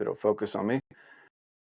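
Someone talks until about 0.8 s while handling a 1 oz metal Hamskea magnetic locking archery stabilizer weight at the magnetic locking base on the stabilizer bar. A brief faint tap follows at 0.9 s, then a quiet steady tone until about 1.3 s. Nothing has seated or clicked yet; the weight is not yet snapped on or twisted to lock.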